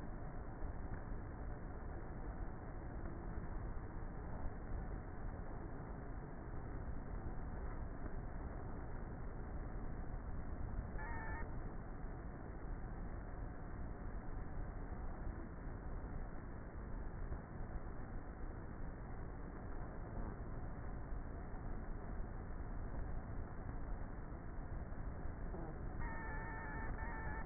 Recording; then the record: honeybee colony, microphone inside the hive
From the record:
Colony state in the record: queenless with a low population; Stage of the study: before two queens were removed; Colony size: about 30,000 bees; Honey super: no